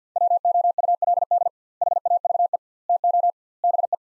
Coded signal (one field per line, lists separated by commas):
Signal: Morse code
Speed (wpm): 50 wpm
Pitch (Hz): 700 Hz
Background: none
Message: WOULD HAVE TO BE